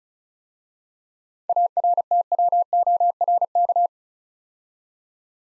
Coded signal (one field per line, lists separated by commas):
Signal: Morse code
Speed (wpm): 36 wpm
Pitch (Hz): 700 Hz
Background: none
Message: ARTWORK